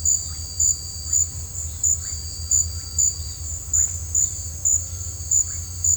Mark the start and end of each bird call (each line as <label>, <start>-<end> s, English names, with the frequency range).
Russet-backed Oropendola (1.0-3.4 kHz), 0.00-5.66 s